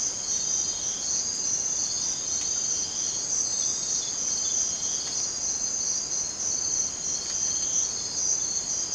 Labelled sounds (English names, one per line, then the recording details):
none
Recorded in dense forest near Puerto Asís, Putumayo, Colombia, on 27 June 2025 at 02:00
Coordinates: 0.484, -76.317
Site G045